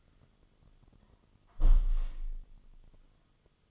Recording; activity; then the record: daily activity, microphone in the room; close window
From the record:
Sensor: 4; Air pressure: 1005.5 hPa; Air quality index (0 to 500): 98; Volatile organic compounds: 2 ppm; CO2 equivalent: 1214 ppm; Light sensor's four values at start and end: 13/30/12/11 and 13/29/11/11